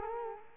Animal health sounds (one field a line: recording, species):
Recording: mosquito wingbeat signal from an infrared sensor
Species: Culex quinquefasciatus